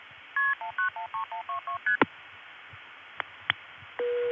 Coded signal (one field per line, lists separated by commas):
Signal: multi-frequency trunk signalling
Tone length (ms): 110 ms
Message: KP1913122ST